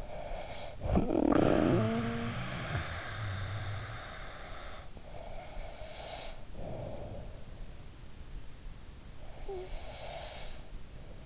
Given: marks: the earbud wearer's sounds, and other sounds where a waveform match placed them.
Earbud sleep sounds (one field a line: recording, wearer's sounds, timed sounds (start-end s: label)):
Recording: sounds in sleep by an in-ear microphone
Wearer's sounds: snoring breath, breath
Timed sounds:
0.00-4.74 s: snoring breath
4.74-8.05 s: breath
8.80-11.25 s: breath